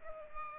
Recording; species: mosquito wingbeat signal from an infrared sensor; Culex pipiens